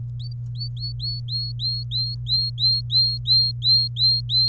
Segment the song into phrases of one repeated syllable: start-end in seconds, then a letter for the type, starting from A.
0.20-4.48 A